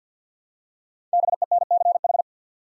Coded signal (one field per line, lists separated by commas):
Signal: Morse code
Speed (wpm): 51 wpm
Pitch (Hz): 700 Hz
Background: none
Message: BENCH